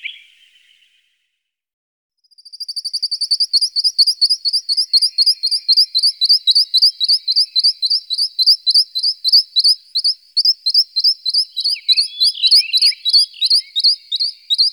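Western rock nuthatch giving a long, fast series of sharp rising notes, about three or four per second, starting after a short pause and continuing steadily to the end.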